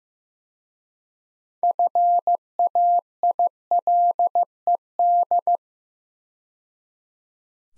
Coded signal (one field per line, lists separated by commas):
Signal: Morse code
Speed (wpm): 15 wpm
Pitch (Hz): 700 Hz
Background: none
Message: FAILED